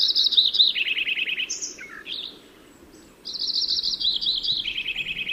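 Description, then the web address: Lincoln's sparrow song heard twice: bright rapid trills stepping down in pitch with brief chirped notes, a short pause between the two phrases. Recorded in California. "Lincoln's Sparrow Sounds Calif CLO"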